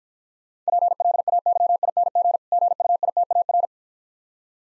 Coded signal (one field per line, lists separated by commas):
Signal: Morse code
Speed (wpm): 53 wpm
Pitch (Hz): 700 Hz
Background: none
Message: PLAYING GUITAR